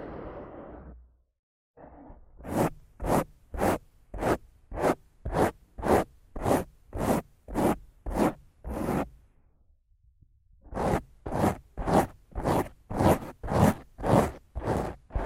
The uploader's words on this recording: ASMR Rough Mic Scratching & Brushing (No Talking).